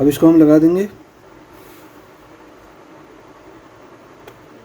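Someone talks for about the first second while a processor is lowered into a motherboard socket and lined up with its notches, then checked that it sits correctly. This is before the socket lever is closed and locked. The rest is quiet low background noise with a faint short tick near 4.3 s, and nothing has seated or clicked yet.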